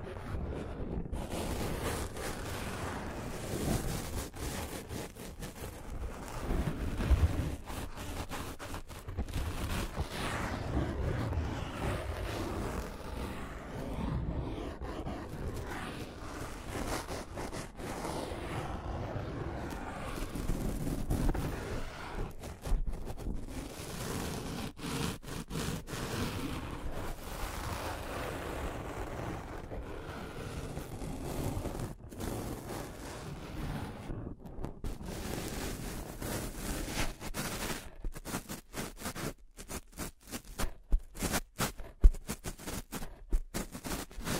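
Scratching and tracing sounds run almost the whole time as a dense, rough rasp with a low rumbling body and a grainy top. The strokes come quickly and unevenly, with brief dropouts. After about 37 seconds they thin into sharper, sparser scrapes.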